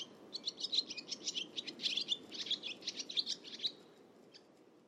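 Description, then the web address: Bird song, a rapid string of high thin chirping notes, soft but clear, running for over three seconds before trailing off. "Bird Only"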